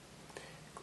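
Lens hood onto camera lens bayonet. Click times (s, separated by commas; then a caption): 0.4 s, 0.8 s. A plastic lens hood is lined up with the white dots on a Samsung NX 12-24mm lens and twisted about 90 degrees on its bayonet until its detent engages. Soft ticks sound over a faint background, with sharp clicks at 0.4 s and 0.8 s as the hood seats in place.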